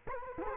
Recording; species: mosquito wingbeat signal from an infrared sensor; Culex quinquefasciatus